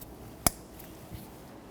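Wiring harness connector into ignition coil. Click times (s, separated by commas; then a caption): 0.5 s. A wiring harness connector is slid onto an ignition coil on a 2014-2019 Toyota Corolla 1.8L, with its top tab lined up, and pushed in. A single sharp, bright click comes at 0.5 s, followed by a faint tick at 0.8 s and a soft low thump near 1.1 s. The connector is seated.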